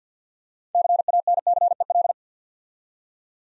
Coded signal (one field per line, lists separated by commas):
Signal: Morse code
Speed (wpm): 52 wpm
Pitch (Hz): 700 Hz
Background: none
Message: CANCEL